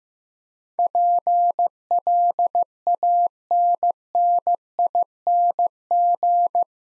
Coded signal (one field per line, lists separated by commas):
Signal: Morse code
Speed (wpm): 16 wpm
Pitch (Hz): 700 Hz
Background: none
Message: PLANNING